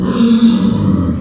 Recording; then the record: squeal of a Yucatan mini pig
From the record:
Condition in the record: after surgery on the right vocal fold (resection and tissue-engineered implant); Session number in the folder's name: 13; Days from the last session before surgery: 113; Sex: female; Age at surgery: 19 weeks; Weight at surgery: 25 kg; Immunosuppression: prednisolone